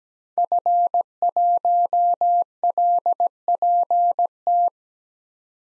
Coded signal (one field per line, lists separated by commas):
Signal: Morse code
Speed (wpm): 17 wpm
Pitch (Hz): 700 Hz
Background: none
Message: F1LPT